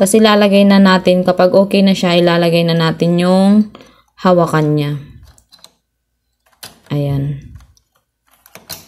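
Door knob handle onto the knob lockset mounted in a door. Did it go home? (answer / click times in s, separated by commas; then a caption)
yes / 8.6 s. Someone talks while a door knob handle is fitted onto the knob lockset mounted in a door and pushed until it locks. Small taps and handling clicks follow. A final sharp click at 8.6 s marks the handle locking into place, seated.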